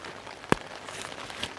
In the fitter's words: You heard the click, I think. Maybe.